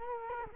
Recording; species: mosquito wingbeat signal from an infrared sensor; Culex quinquefasciatus